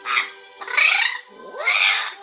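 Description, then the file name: Orange-winged amazon making three loud, harsh screeches. "popugai amazon venesuelskii popugai"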